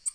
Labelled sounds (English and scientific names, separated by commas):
Tennessee Warbler (Leiothlypis peregrina) flight call